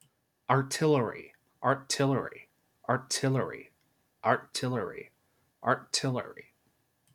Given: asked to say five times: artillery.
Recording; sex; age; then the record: repeated word; male; 20 to 29 years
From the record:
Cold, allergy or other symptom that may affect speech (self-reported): no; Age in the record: 22 years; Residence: Missouri, United States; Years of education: 12